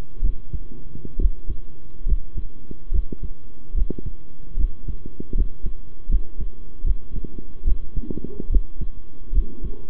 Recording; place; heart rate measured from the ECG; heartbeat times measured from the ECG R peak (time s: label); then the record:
heart sounds by stethoscope; between the tricuspid and mitral areas; 72 bpm
0.22 s: heartbeat
1.18 s: heartbeat
2.06 s: heartbeat
2.91 s: heartbeat
3.74 s: heartbeat
4.56 s: heartbeat
5.34 s: heartbeat
6.09 s: heartbeat
6.84 s: heartbeat
7.64 s: heartbeat
8.49 s: heartbeat
9.32 s: heartbeat
From the record:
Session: rest, sitting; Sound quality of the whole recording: good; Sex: male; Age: 23 years